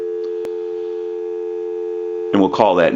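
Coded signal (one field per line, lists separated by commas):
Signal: telephone call progress tone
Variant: North America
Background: speech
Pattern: dial tone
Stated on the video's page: Call progress tone from a Northern Electric 233QF three-slot payphone during checkout and repair conversion.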